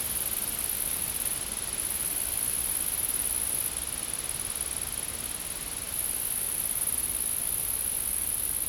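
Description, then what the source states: Insects keep up a piercing, sustained high buzz that swells and eases a little but never stops. Insects in a field.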